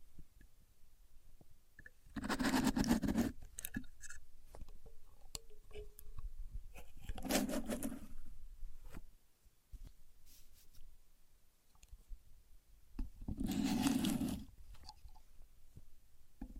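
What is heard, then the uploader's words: A contour gauge being used, with three loud, dense bursts of rattling, scraping pins at about 2, 7 and 13 seconds, each lasting a second or so. Between them come quieter scattered clicks, taps and light handling sounds. No talking. Using A Contour Gauge (No Talking).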